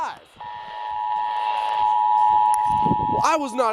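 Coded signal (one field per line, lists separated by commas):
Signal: Emergency Alert System (SAME) tones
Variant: 853 and 960 Hz attention tone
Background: speech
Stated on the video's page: Real EAS alerts received over a month, mostly tests.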